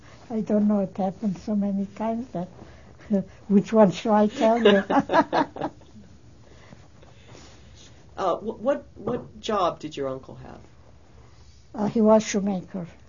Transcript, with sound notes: I don't know. It happened so many times. Which one shall I tell you? ( they laugh )
What job did your uncle have?
He was a shoemaker,